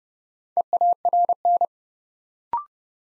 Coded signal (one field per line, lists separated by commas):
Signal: Morse code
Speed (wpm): 30 wpm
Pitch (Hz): 700 Hz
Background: none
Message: EARN